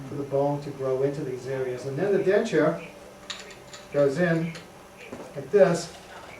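A demonstration implant-retained denture is handled over the implant attachments in a jaw model while someone talks, with faint light handling sounds between the words. The clip ends before the denture snaps onto the implants; nothing has seated or clicked yet.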